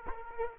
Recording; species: mosquito wingbeat signal from an infrared sensor; Aedes aegypti